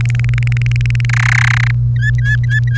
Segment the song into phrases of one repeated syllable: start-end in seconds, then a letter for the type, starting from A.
0.01-1.05 A, 1.09-1.71 B, 1.96-2.77 C